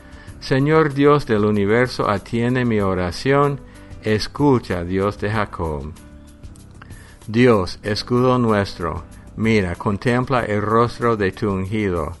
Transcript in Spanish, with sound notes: Señor, Dios del universo, atiende mi oración, ¡escucha, Dios de Jacob! [ Pausa] Dios, escudo nuestro, mira, contempla el rostro de tu ungido.